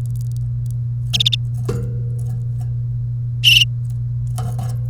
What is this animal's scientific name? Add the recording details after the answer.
Serinus canaria. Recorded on 1 May 2018 at 10:15. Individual llb3